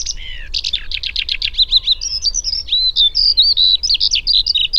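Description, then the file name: Eurasian skylark song with an early fast series of repeated notes, then shifting into high twittering whistles and slurred notes. "alauda arvensis"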